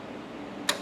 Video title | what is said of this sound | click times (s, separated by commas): I'm Rebuilding A Junkyard Toyota Supra! | Nice little click. | 0.7 s